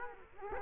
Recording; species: mosquito wingbeat signal from an infrared sensor; Culex quinquefasciatus